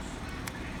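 A four-wire plastic connector is pushed back into the new circuit board of a commercial vacuum until its locking tab clicks. A single short, sharp click sounds at 0.5 s over steady background noise, and the connector is seated.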